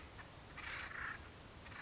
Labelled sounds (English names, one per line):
Acorn Woodpecker